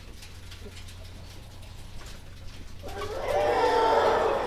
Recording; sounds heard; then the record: poultry house recording; healthy chickens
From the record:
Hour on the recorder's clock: 20